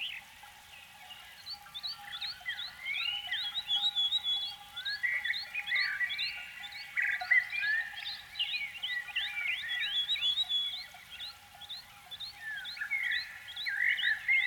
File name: Canary Sound